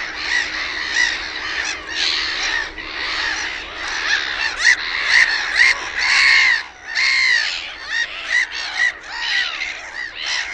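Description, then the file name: Black-headed gulls calling continuously, harsh rasping squawks and screeching cries overlapping from several birds, dense and noisy throughout with brief lulls. "NAURULOKKI"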